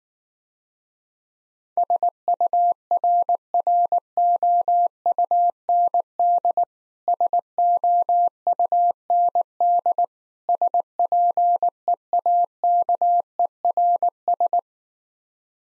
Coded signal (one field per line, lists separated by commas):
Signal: Morse code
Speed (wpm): 19 wpm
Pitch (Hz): 700 Hz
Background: none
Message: SURROUND SOUND SPEAKERS